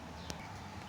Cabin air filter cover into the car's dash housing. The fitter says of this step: Just slides right into place, and then it clicks with those two tabs there.